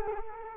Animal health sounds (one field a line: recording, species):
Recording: mosquito wingbeat signal from an infrared sensor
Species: Culex quinquefasciatus